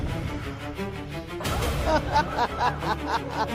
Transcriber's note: dramatic music plays; laughs